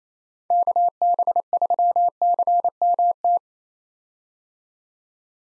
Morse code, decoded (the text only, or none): KB3CMT